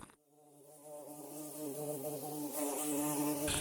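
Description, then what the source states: Bumblebee buzz: a steady, low droning hum that swells gradually louder over a few seconds. First bumblebee seen in July, in ponderosa pine woodland at 7,200 feet near Boulder; a native bumblebee with an orangish bronze abdomen tip.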